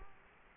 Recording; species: mosquito wingbeat signal from an infrared sensor; Culex quinquefasciatus